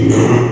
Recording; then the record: squeal of a Yucatan mini pig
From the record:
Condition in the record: before surgery on the right vocal fold (resection and tissue-engineered implant); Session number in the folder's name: 2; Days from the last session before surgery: 0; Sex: male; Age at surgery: 12 weeks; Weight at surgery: 13 kg